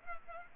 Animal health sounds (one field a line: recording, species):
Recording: mosquito wingbeat signal from an infrared sensor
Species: Culex pipiens